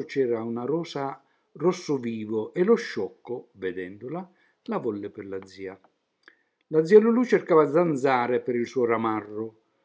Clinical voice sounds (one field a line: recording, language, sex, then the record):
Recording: read passage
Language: Italian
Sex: male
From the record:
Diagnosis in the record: healthy control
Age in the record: 76 years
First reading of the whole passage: 56 s, 9.2 characters per second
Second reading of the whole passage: 53 s, 9.7 characters per second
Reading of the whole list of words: 49 s, 5.7 characters per second